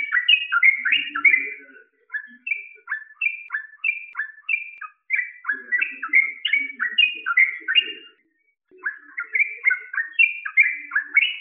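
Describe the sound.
Bird song of rapid repeated whistled notes in phrases broken by short gaps, sometimes slowing into evenly spaced single notes, with faint low chirps.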